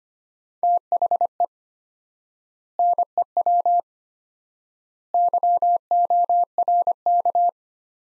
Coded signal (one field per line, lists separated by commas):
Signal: Morse code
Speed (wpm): 25 wpm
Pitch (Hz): 700 Hz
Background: none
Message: THE NEW YORK